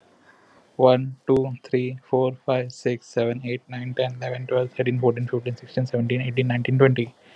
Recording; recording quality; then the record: counting at a normal pace; excellent, no background noise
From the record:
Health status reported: COVID-19 positive, no symptoms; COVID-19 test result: positive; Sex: male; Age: 30 years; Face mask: not worn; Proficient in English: yes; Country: India